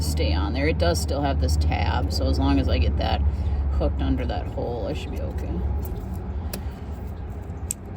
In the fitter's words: yeah like you just heard it click on there so I'm pretty confident that's going to stay on there